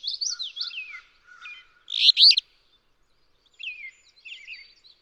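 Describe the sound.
Alder flycatcher delivering a single short, raspy phrase, set between bits of a thin, warbling song from another bird.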